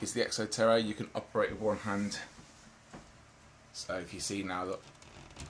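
Someone talks while handling the Exo Terra door lock on a glass reptile terrarium's front door, a lock that can be operated with one hand. Only speech and faint handling sounds are heard. The lock has not clicked into place yet.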